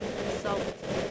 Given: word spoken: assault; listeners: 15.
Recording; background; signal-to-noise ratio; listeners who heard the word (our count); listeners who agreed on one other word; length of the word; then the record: one English word in noise, from a listening test; noise modulated by three-talker babble; -4.0 dB; 3 of 15; 7 of 15; 0.71 s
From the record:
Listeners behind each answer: 7, 3, 3, 2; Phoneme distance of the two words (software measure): 7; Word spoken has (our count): 2 syllables, 5 phonemes, stress on syllable 2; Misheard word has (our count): 1 syllable, 4 phonemes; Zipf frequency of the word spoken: 4.11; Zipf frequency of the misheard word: 4.69